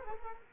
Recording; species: mosquito wingbeat signal from an infrared sensor; Culex quinquefasciatus